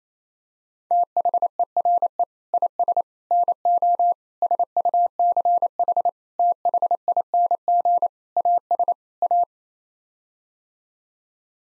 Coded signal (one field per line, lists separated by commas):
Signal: Morse code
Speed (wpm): 27 wpm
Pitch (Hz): 700 Hz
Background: none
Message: THERE IS NO SUCH THING AS A